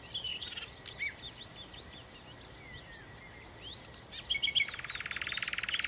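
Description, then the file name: Common nightingale song: scattered high chirps and a slurred whistle, then a fast, buzzy rattle of rapidly repeated notes to the end. "Nachtigall"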